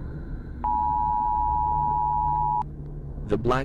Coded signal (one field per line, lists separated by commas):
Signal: Emergency Alert System (SAME) tones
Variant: 853 and 960 Hz attention tone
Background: speech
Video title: Emergency Alert System (EAS) Broadcast - The Florpus Incident